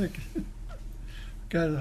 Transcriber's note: chuckling